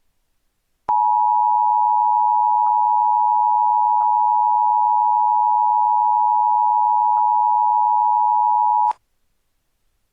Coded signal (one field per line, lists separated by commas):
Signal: Emergency Alert System (SAME) tones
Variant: 853 and 960 Hz attention tone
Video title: EAS on top of another EAS (July 23, 2019)